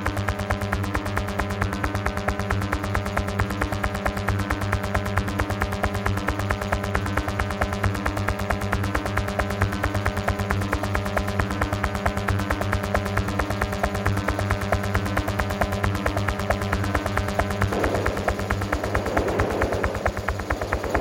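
A binaural beat plays as a stack of steady layered tones, with a low hum at the bottom and higher tones above. A fast, very regular pulsing runs through it at an even loudness. Near the end, from about 17 seconds, a brief blurred wash appears in the middle range.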